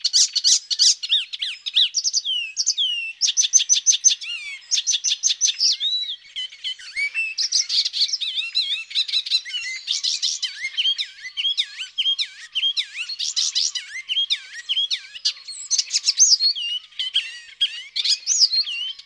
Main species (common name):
Icterine Warbler